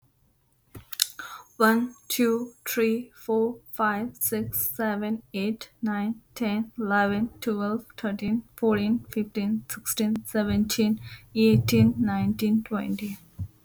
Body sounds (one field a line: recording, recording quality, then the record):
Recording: counting at a normal pace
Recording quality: excellent, no background noise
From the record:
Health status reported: exposed to COVID-19, no respiratory illness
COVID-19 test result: negative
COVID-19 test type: RT-PCR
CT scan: not taken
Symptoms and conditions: cough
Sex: female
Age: 24 years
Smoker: no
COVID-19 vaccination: both doses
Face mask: not worn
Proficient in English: yes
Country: United States